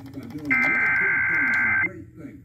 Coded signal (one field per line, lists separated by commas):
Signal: Emergency Alert System (SAME) tones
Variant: header bursts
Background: speech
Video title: (EAS #16-17) Severe thunderstorm warning (fm radio and TV) 9/1/2021